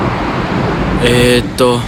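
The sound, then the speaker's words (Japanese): A steady, rough roar of stormy sea waves with a low rumbling undertone of thunder from the clouds surrounding the sea fills the whole stretch, while a voice briefly rises over it twice near the end. “外側では海を取り囲んでいた雲がいきなり鳴り響きました。”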